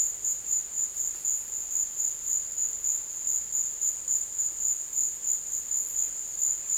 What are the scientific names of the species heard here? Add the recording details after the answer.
none. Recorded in dense forest near Puerto Asís, Putumayo, Colombia, on 23 June 2025 at 16:30. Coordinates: 0.484, -76.325. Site H65